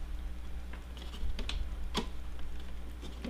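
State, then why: Not seated. A hinged door on a foam prop backpack is handled and pressed toward its bolt-and-catch latch, making soft rustling and light tapping contacts, with sharper taps near 1.4, 1.5 and 2.0 seconds over a steady low hum. The bolt latch has not clicked shut or seated yet.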